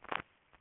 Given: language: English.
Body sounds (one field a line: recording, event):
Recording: throat vibration sensor signal played as sound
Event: swallow